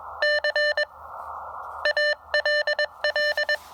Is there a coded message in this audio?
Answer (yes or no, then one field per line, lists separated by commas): yes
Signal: Morse code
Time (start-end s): 0.2-3.6 s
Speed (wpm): 21 wpm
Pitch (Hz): 1800 Hz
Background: none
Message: CALL